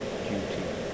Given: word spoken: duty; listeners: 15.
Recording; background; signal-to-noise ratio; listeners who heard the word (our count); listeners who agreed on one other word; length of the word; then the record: one English word in noise, from a listening test; speech-shaped noise; -4.5 dB; 5 of 15; 9 of 15; 0.54 s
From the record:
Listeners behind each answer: 9, 5, 1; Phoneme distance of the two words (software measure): 10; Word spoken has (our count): 2 syllables, 5 phonemes, stress on syllable 1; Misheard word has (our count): 2 syllables, 5 phonemes, stress on syllable 1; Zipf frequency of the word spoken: 4.61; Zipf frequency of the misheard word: 4.67